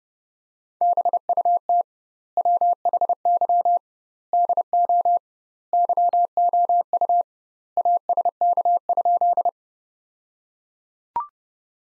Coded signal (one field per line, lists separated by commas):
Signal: Morse code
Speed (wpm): 30 wpm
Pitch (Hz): 700 Hz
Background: none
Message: BUT WHY DO YOU ASK?